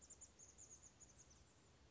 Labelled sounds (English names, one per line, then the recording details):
Chestnut-backed Chickadee
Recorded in Sonoma County, California